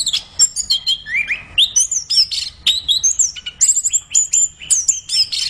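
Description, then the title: Orange-headed thrush song: rapid, varied high whistled phrases with sharp chirps and slurred notes, some rising, delivered in a continuous energetic stream. Described as singing vigorously ('gacor'). "Anis Kembang Gacor"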